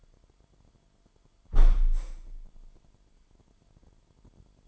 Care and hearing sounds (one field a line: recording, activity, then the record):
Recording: daily activity, microphone in the room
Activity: close window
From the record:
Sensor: 5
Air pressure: 998.2 hPa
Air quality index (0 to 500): 90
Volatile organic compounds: 2 ppm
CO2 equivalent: 1025 ppm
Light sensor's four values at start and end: 20/49/20/22 and 20/49/20/22